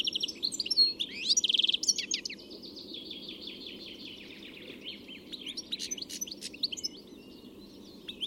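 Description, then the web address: Bird calls: an opening burst of high chirps and a fast trill, then softer continuous twittering over steady hiss. "Deverinetal. Bird Only"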